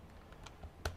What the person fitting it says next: push it down turn it and it locks into place